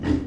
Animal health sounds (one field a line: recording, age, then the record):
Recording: pig call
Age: growing-finishing pig (85 days or more)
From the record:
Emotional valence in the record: negative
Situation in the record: barren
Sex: female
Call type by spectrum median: low-frequency call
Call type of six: low-frequency stable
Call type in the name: low-frequency stable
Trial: 1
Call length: 0.26 s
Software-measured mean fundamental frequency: 44 Hz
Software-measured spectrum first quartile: 159 Hz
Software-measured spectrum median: 274 Hz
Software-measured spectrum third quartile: 409 Hz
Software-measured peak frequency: 281 Hz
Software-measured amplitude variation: 198 dB a second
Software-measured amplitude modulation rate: 20.9 a second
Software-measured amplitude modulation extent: 9.4 dB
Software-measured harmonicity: 1.6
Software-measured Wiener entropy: -0.68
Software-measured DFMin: 874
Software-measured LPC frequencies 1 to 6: 307, 971, 1863, 2797, 4885, 5949 Hz